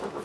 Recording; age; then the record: pig call; piglet (1 to 25 days)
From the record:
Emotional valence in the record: positive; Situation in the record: huddling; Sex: male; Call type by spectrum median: low-frequency call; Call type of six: low-frequency stable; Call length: 0.25 s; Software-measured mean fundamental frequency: 57 Hz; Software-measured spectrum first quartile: 388 Hz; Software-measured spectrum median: 617 Hz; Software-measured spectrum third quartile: 1251 Hz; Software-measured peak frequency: 408 Hz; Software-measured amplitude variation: 150 dB a second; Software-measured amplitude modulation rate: 16.0 a second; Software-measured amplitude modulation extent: 9.3 dB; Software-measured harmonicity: 1.5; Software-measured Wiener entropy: -0.59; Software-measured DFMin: 998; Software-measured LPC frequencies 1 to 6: 496, 1131, 2695, 3452, 4826, 5660 Hz